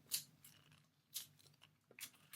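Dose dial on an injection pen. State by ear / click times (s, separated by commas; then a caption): not seated / none. The dose dial of a nearly empty multi-dose injection pen is twisted all the way around to draw an extra fifth dose, giving a few soft broadband scrapes and faint ticks over a low hum. The dial turns without its usual click through each dose increment, and nothing has clicked.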